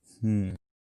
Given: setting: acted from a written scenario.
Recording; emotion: vocal sound without words; romantic love